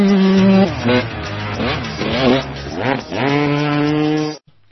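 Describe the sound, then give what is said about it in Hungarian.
A Turbo Spoke bicycle exhaust toy, a card inserted so it touches the spokes, makes a buzzing, engine-like drone with harmonic pitch sweeps rising and falling, like a revving motor, loud and steady for about four seconds before cutting off abruptly. “Akkor most ebből az alkalomból meghallgatjuk a Turbo Spoke nevű bicikli kipufogó rendszer hangját. Turbo Spoke, the bicycle exhaust system.”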